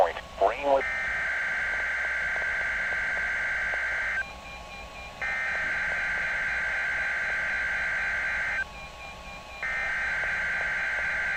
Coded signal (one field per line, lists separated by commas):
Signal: Emergency Alert System (SAME) tones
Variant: header bursts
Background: speech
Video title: [10/20/16] [EAS #56] - Earthquake Drill (Required Monthly Test)